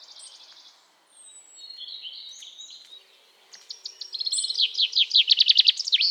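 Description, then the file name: European robin song: thin high notes and warbled phrases, then a loud burst of fast, rhythmic trilled notes swinging up and down near the end. "Erithacus rubecula"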